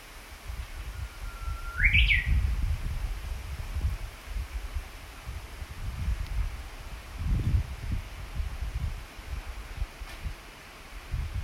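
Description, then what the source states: Japanese bush warbler song: a held whistle breaking into a fast rising, bubbling ending, heard once against steady low rumble. Recorded 14 June 2019.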